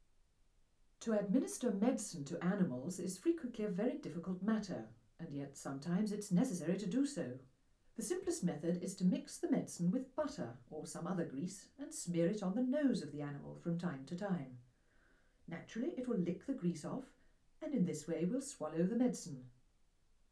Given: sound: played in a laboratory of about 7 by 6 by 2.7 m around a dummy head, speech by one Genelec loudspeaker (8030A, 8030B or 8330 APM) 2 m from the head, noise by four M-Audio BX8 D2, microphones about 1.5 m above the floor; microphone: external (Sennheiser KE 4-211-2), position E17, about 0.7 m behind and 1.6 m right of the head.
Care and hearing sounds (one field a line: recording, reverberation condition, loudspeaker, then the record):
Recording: female speech in English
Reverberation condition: low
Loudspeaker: 60 degrees to the right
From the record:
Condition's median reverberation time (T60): about 310 ms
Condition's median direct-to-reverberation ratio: about 3.5 dB